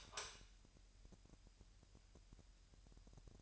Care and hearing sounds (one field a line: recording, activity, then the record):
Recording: daily activity, microphone in the room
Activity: light on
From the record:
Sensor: 2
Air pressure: 1001.7 hPa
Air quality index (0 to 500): 245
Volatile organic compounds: 34 ppm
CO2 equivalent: 3037 ppm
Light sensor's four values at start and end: 4/10/4/4 and 9/26/10/10